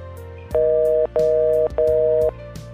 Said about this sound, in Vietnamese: Tiếng tắt máy điện thoại vang lên.